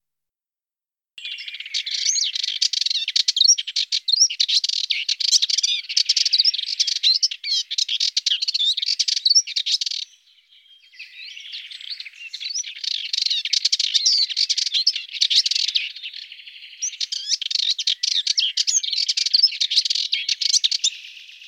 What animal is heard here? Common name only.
Subalpine Warbler